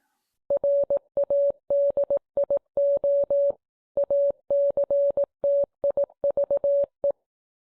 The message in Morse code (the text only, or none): RADIO ACTIVE